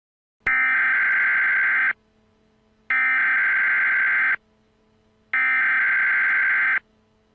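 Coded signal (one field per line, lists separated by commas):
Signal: Emergency Alert System (SAME) tones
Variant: header bursts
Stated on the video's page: Fictional EAS scenario, not a real alert.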